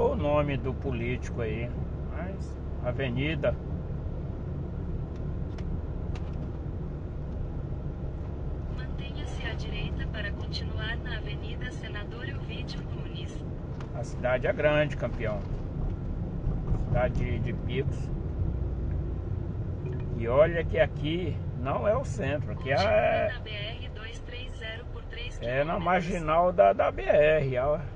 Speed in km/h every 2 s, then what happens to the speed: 41, 42, 40, 39, 40, 38, 38, 38, 38, 30, 21, 10, 10, 10.
0-16 steady at about 39. 16-22 brakes to 10. 22-28 steady at about 10.